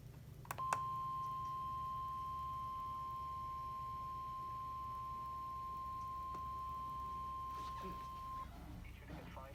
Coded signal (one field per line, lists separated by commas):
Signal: Emergency Alert System (SAME) tones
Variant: 1050 Hz attention tone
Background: speech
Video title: Fair well 2020 EAS#404-419 From: 12/24/20 - 12/30/20